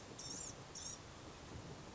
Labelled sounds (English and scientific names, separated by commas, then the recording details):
Blue-gray Gnatcatcher (Polioptila caerulea)
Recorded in Sonoma County, California